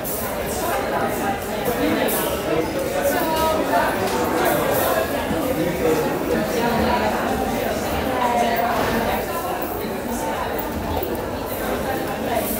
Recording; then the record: background sound without coughing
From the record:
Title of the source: 40 min - Ambience sounds UNIVERSITY lunchroom chatting